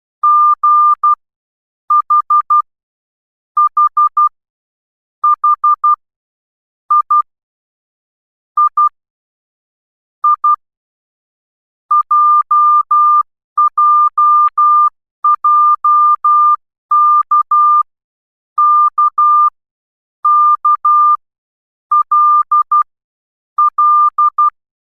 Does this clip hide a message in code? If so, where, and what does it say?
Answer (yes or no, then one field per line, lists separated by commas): yes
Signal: Morse code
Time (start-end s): 0.2-24.5 s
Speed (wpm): 12 wpm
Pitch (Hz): 1200 Hz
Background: none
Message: G H H H I I I J J J K K K L L